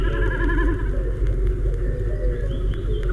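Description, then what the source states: Common Snipe drumming, a wavering, bleating tremolo in the first second, over a low rumble. High in the blue sky, sounding like a lamb bleating; made by vibrating tail feathers.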